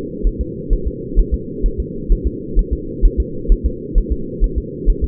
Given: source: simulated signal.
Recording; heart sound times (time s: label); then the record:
fetal heart sounds
0.27 s: S1
0.41 s: S2
0.73 s: S1
0.88 s: S2
1.19 s: S1
1.34 s: S2
1.66 s: S1
1.80 s: S2
2.12 s: S1
2.27 s: S2
2.59 s: S1
2.73 s: S2
3.05 s: S1
3.20 s: S2
3.52 s: S1
3.66 s: S2
3.98 s: S1
4.12 s: S2
4.44 s: S1
4.58 s: S2
4.89 s: S1
5.04 s: S2
From the record:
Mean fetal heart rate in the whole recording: 130 bpm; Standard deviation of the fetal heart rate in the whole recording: 2 bpm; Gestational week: 38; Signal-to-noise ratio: -4.3 dB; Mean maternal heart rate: 72 bpm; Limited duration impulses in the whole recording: absent